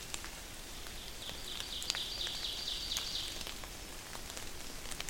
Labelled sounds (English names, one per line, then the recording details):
Ovenbird song
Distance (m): 80 m
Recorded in boreal forest in Alberta, Canada, on 28 May 2016 at 08:55
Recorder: SongMeter 3, array SBT-3-49
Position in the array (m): 54 m, 148 m
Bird 15